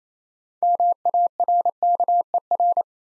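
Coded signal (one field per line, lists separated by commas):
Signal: Morse code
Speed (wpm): 29 wpm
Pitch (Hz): 700 Hz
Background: none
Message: MARKER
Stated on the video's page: Morse code practice at 28 wpm building six-letter words three letters at a time, for instant character recognition training.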